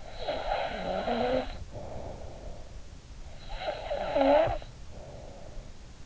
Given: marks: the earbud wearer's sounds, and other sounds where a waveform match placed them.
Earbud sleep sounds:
sounds in sleep by an in-ear microphone; snoring breath
0.05-2.80 s: snoring breath
3.53-5.71 s: snoring breath

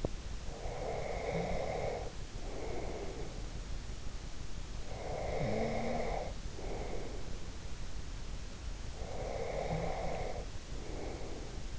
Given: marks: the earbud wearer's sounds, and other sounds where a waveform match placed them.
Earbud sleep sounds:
sounds in sleep by an in-ear microphone; teeth grinding, breath, snoring breath
0.00-0.22 s: teeth grinding
0.48-3.39 s: breath
4.79-7.51 s: snoring breath
8.91-11.79 s: breath

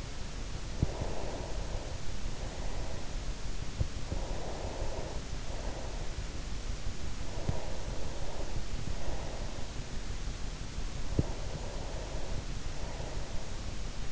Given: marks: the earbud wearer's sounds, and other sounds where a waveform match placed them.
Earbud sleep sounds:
sounds in sleep by an in-ear microphone; breath
0.61-3.60 s: breath
4.25-6.72 s: breath
7.49-9.83 s: breath
11.00-13.86 s: breath

